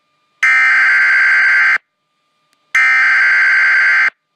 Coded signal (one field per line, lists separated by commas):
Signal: Emergency Alert System (SAME) tones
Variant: header bursts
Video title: EAS Mock #1 - Flash Flood Warning (Valid Tones)